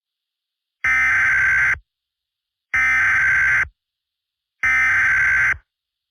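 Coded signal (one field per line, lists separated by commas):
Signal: Emergency Alert System (SAME) tones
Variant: header bursts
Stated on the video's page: Fictional EAS scenario.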